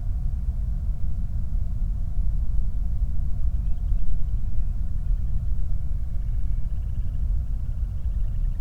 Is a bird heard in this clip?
yes